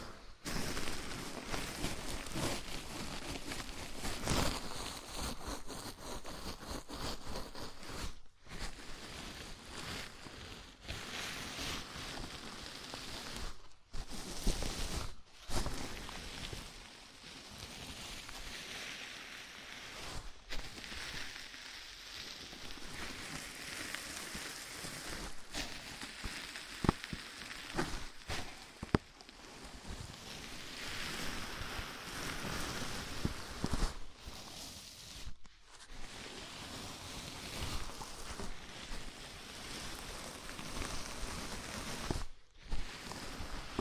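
Scalp massage, with fingers rubbing through hair in a dense, crackling rustle that runs almost without a break. The scratchy texture sits mostly in the upper range and swells and eases as the hands move. Short silent pauses fall every few seconds.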